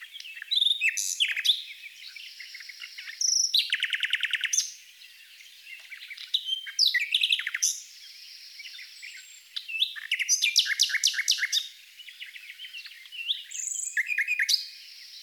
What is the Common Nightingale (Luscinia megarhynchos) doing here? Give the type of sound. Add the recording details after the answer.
song. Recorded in the wild. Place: St. Laurent des Arbres und Umgebung, FR. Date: 2008-05-15. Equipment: MiniDisc Sharp MT 20 H. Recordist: Schwarz, Dieter